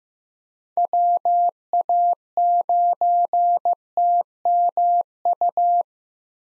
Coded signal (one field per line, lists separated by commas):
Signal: Morse code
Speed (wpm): 15 wpm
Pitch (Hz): 700 Hz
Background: none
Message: WA9TMU